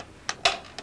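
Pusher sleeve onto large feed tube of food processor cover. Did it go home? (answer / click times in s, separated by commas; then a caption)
yes / 0.5 s. A plastic pusher sleeve is pressed down over the large feed tube of a Cuisinart food processor cover. A faint tap at 0.3 s comes first, then a sharp click at 0.5 s as the sleeve seats, and a softer tick at 0.8 s. The sleeve is seated.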